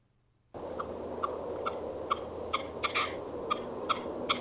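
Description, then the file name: Partridge calling with short, sharp notes repeated in a steady series over a constant background hiss. "Pernice"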